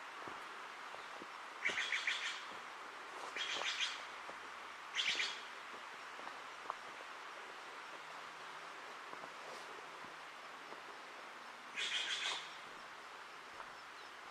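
Forest ambience in the Ancient Forest Preserve, with a bird giving short, bright, buzzy trills in bursts: three close together in the first five seconds, then one more near twelve seconds. A steady soft hiss fills the gaps, with scattered light ticks and a faint low hum.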